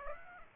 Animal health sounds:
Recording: mosquito wingbeat signal from an infrared sensor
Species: Aedes aegypti

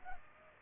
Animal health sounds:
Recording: mosquito wingbeat signal from an infrared sensor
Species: Culex pipiens

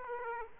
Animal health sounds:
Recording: mosquito wingbeat signal from an infrared sensor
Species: Aedes aegypti

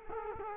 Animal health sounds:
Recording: mosquito wingbeat signal from an infrared sensor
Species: Culex quinquefasciatus

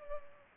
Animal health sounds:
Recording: mosquito wingbeat signal from an infrared sensor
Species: Culex pipiens

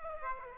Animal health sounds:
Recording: mosquito wingbeat signal from an infrared sensor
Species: Aedes aegypti

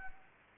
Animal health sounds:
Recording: mosquito wingbeat signal from an infrared sensor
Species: Anopheles gambiae

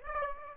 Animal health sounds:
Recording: mosquito wingbeat signal from an infrared sensor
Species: Aedes aegypti

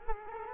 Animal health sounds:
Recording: mosquito wingbeat signal from an infrared sensor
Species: Culex quinquefasciatus

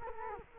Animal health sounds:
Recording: mosquito wingbeat signal from an infrared sensor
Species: Culex quinquefasciatus

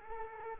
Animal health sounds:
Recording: mosquito wingbeat signal from an infrared sensor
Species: Culex quinquefasciatus

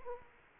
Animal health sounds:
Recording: mosquito wingbeat signal from an infrared sensor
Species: Culex quinquefasciatus

